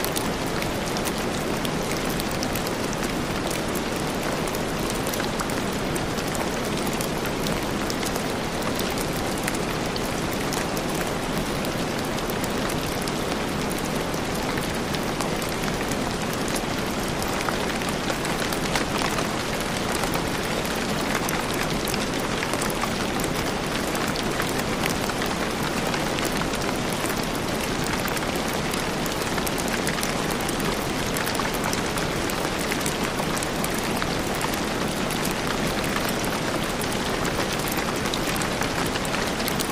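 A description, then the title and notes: A rainstorm pours down steadily for the whole forty seconds, a dense, even hiss of countless drops with no pauses or swells. The sound is full and close, spread from a soft low rumble up to a bright sizzle, with faint individual splats flickering through. Relaxing Rainstorm White Noise.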